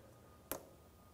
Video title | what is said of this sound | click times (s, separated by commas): How to Replace Vapor Canister Purge Solenoid Valve 2017-2024 GMC Acadia 3.6L V6 | we'll lock it in with the red locking tab | 0.5 s